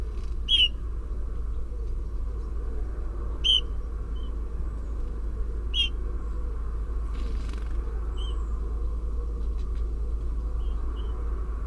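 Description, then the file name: Eurasian bullfinch calls: soft, short piping whistles, spaced a few seconds apart, over a steady low rumble of traffic. "Pyrrhula pyrrhula"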